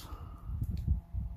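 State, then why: Not seated. A Tinwoo Eclipse 2020 smart watch's proprietary magnetic charging cable is handled near the back of the watch, with soft low rumbling handling noise and a faint brief tick around 0.8 s. The connector only magnetizes and locks in when oriented the right way, and nothing has seated or clicked yet.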